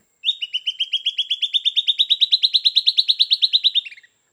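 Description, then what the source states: Silvered Antbird song, a fast, even trill of sharp chipping notes, rising slightly then dropping at the end, lasting nearly four seconds. Bird of the Amazon rainforest.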